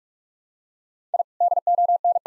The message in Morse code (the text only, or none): I DON